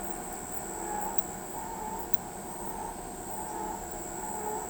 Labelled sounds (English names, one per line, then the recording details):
none
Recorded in pastures near Pivijay, Magdalena, Colombia, on 16 April 2023 at 00:30
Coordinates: 10.456, -74.369
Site P6-G026